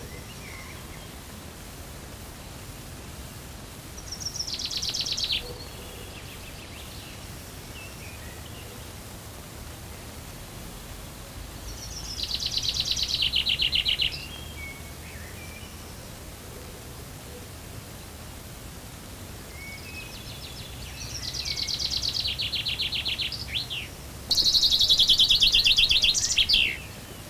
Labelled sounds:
Common Chaffinch (Fringilla coelebs) song

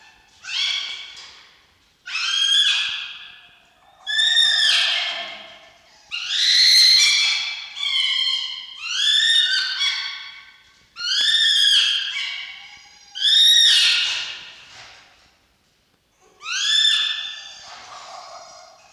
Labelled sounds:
Red Fox (Vulpes vulpes)

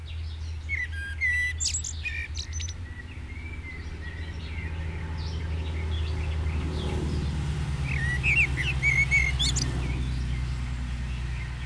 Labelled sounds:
Common Blackbird (Turdus merula) song

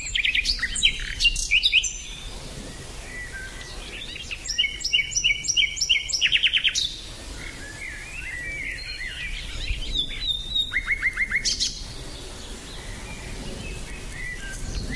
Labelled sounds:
Common Nightingale (Luscinia megarhynchos) song

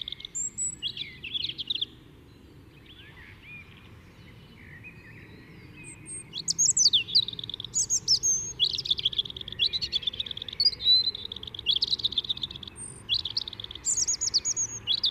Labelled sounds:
European Robin (Erithacus rubecula) song

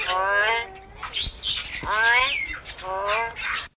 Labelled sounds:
Common Hill Myna (Gracula religiosa) song

